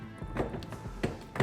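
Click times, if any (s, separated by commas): none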